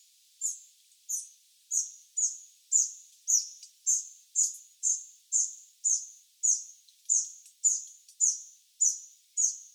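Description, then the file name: Eurasian wren calling in a steady series of hard, high 'tek' notes, about one every half second. "Troglodytes troglodytes"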